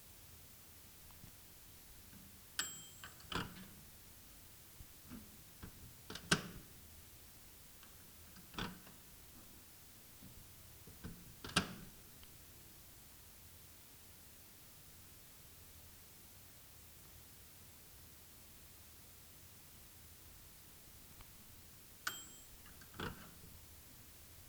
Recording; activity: daily activity, guitar pickup as the sensor; use microwave